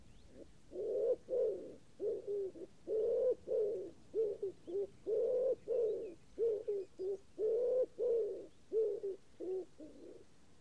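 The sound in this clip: Common wood pigeon cooing, soft hoarse low notes grouped in repeated rhythmic phrases throughout, with short pauses between phrases and quiet background.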